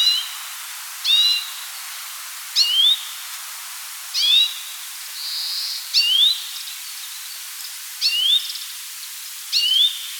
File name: Carduelis sinica